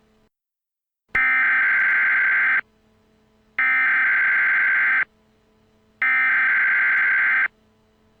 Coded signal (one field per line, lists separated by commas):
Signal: Emergency Alert System (SAME) tones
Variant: header bursts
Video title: My EAS Test Video (1st Video)